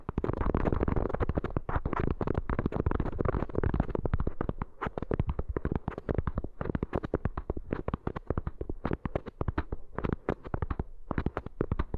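A dense stream of rapid crackling and snapping taps runs for the whole stretch, like cards being riffled or something crinkled right at the ear. It is loudest and thickest in the first few seconds, then loosens slightly with brief gaps.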